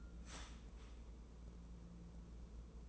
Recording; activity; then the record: daily activity, microphone in the room; start toaster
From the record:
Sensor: 1